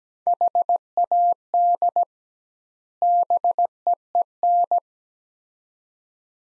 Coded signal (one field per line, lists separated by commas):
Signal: Morse code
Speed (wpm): 17 wpm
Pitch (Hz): 700 Hz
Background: none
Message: HAD BEEN